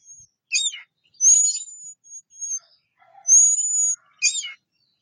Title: Anis Merah